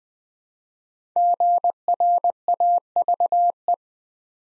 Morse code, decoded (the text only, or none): GRAVE